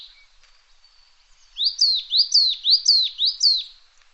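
Bird making a series of several high, swooping whistled notes, each falling sharply, after a faint thin note at the start.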